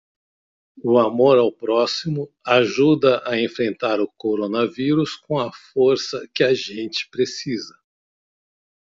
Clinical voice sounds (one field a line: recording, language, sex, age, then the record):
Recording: spoken sentence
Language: Brazilian Portuguese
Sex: male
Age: 50 to 59 years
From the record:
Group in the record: control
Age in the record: 59 years